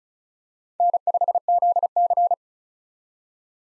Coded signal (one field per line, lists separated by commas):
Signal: Morse code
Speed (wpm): 34 wpm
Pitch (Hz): 700 Hz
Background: none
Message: N5ZC